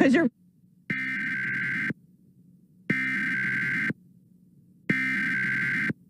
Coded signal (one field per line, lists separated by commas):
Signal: Emergency Alert System (SAME) tones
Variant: header bursts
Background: speech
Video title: 2021 National Emergency Alert System Test Compilation